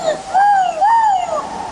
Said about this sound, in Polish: Ryś.